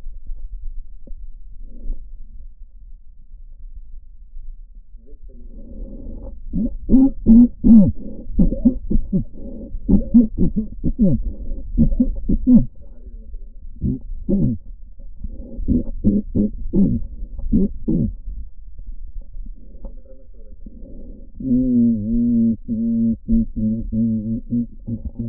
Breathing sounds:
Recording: lung sounds by stethoscope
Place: left posterior basal chest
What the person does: quiet breathing, then cough and speech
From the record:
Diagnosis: pulmonary infection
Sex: male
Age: 86 years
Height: 165 cm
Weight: 65 kg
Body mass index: 23.9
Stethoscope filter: diaphragm mode

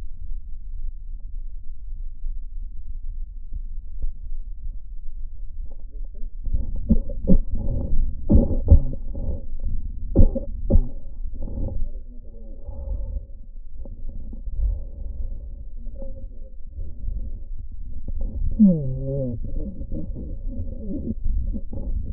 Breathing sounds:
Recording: lung sounds by stethoscope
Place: left posterior basal chest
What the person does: quiet breathing, then cough and speech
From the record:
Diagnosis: interstitial lung disease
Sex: male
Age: 82 years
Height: 158 cm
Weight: 49 kg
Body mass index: 19.6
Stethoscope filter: diaphragm mode

